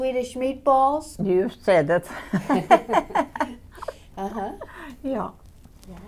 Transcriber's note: they laugh